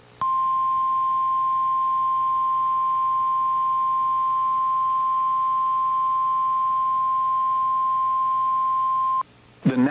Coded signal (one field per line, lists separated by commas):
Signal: Emergency Alert System (SAME) tones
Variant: 1050 Hz attention tone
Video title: A Quiet Friday Afternoon | EAS Alerts from 8/7/26